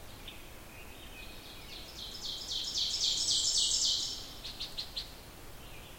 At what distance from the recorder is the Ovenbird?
about 10 m